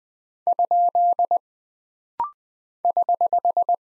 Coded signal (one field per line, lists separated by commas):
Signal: Morse code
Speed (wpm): 20 wpm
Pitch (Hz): 700 Hz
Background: none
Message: ? <HH>